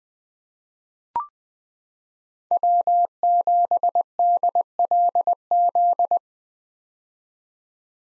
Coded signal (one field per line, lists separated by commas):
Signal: Morse code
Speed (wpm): 20 wpm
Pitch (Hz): 700 Hz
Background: none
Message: W7DLZ